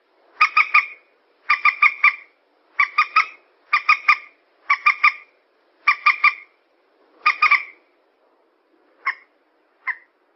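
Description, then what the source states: Yellow-vented bulbul calls, seven bubbly phrases of three to four quick notes about a second apart, then two single short notes. Bird lure recording.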